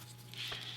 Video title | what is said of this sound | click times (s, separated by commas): Building a basic saber with sound PART 2 | it's popped into place now you could leave it like that I like to make sure it goes in a little bit further | 0.3 s